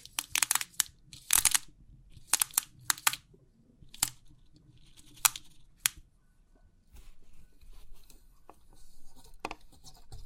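Crisp 3D pin art tingles: sharp, bright clicks and rattling bursts of pins come in quick clusters through the first six seconds, some brief and snappy, others longer scratchy runs. After that the sound thins to a soft rustling hiss with occasional isolated taps.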